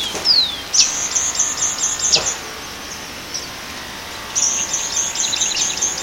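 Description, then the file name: White-throated hummingbird singing high, rapid trills of squeaky chips in two bursts, with a descending thin whistle at the start and a sharp click between phrases. Punta Ballena, Uruguay, 21 August 2014. "Leucochloris-albicollis-Pt Ballena-UY-21-8-14-ASilveira"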